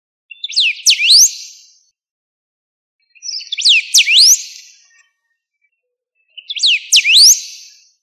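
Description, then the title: Bird singing three short, high phrases of sharp up-and-down sweeping whistles, each about one and a half to two seconds long, separated by more than a second of silence. "LuckyPassaro Completos2Sama"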